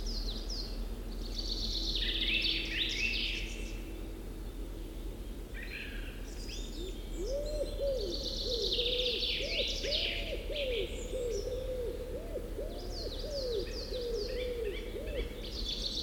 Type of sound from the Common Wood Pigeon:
call